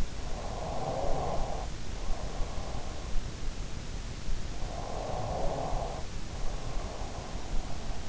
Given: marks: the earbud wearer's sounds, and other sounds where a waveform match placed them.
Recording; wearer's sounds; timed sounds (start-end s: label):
sounds in sleep by an in-ear microphone; breath, snoring breath
0.00-3.15 s: breath
3.56-4.73 s: breath
4.44-7.63 s: snoring breath
6.33-7.78 s: sound from someone else or the room